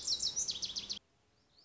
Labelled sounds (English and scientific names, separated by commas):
Lazuli Bunting (Passerina amoena)